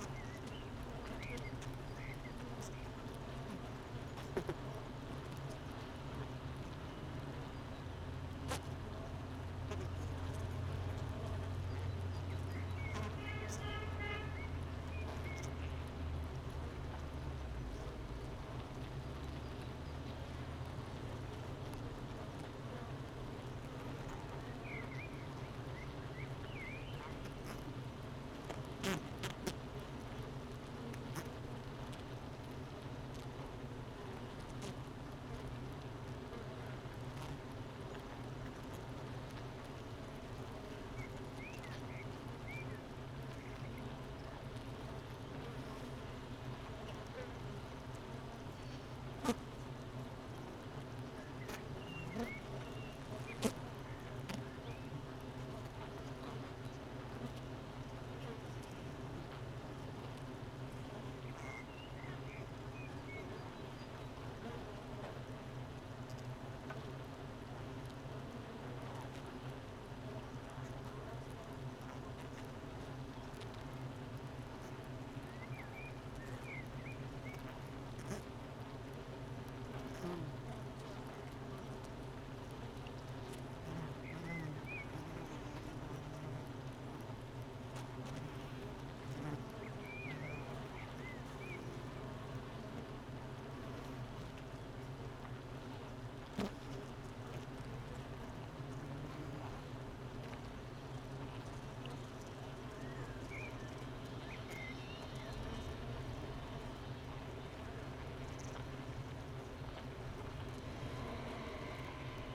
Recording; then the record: honeybee colony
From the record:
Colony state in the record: missing queen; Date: 31 May 2018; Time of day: 9:01